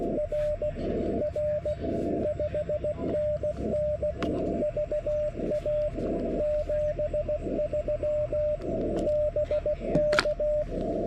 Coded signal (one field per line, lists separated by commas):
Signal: Morse code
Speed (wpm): 16 wpm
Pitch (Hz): 600 Hz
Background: radio noise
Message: R R 5NN VA 73 BK